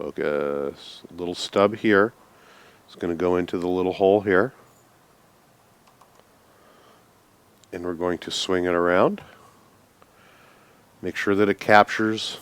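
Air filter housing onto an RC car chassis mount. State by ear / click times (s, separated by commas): not seated / none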